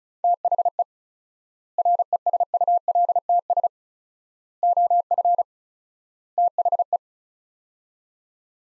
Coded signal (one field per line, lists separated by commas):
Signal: Morse code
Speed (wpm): 34 wpm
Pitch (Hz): 700 Hz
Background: none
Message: THE RESULTS OF THE